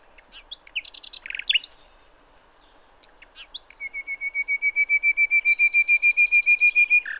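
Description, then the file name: Common nightingale song with fast varied chirps, then a long crescendo of rapidly repeated piping whistles, growing louder. "Luscinia megarhynchos"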